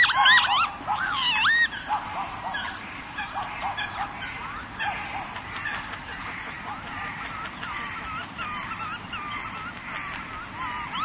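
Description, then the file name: Northern lapwing calls, wheezy and slurred, loud and crowded in the first two seconds, then softer overlapping calls continuing through the rest. "kievit"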